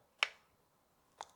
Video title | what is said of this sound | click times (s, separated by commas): Samsung Galaxy Z Flip3 5G Unboxing - YOU GET VERY LITTLE! | and if you do it right you can basically break your phone in half and you get this nice click by the way | 0.2 s